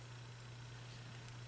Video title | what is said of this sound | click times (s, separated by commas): Let's Finish What We Started! Part #1 - B | and you can hear a click | 1.3 s